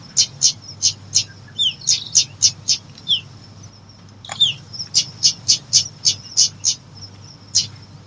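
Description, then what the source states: Lovebird chirps: dense series of shrill, piercing high notes in quick bursts, a few downslurred squeaks and a brief click midway. Used as a lure to attract lovebirds.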